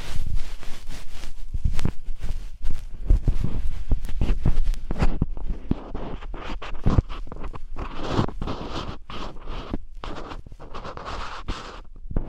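Ear cleaning in the traditional Chinese style: close scratching and scraping strokes, dense and uneven, with sharp crackly clicks throughout. The first five seconds carry heavier low rubbing thumps; afterward the scraping turns softer and hissier with quick repeated strokes.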